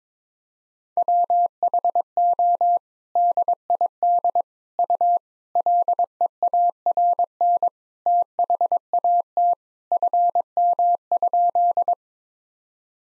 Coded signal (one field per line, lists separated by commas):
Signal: Morse code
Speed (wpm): 22 wpm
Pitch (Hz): 700 Hz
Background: none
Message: WHO DID U LEARN THAT FM?